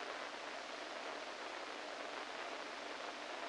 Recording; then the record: brain microelectrode recording played as sound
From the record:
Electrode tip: inside the subthalamic nucleus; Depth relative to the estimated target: -4 mm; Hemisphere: right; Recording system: NeuroSet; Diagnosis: Parkinson's disease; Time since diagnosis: 14 years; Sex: male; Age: 51 years